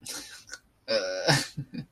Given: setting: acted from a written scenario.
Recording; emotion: vocal sound without words; embarrassment